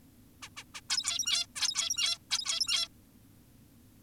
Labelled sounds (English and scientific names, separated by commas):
Zebra Finch (Taeniopygia guttata)